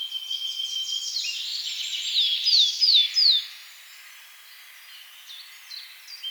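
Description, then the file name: Eurasian blackcap song: a fast scratchy warble ending in three loud, clear, descending whistled notes, followed by quieter scattered chips. "Sylvia atricapilla"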